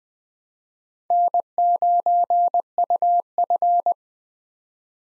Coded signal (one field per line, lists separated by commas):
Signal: Morse code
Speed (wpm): 20 wpm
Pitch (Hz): 700 Hz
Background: none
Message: N9UF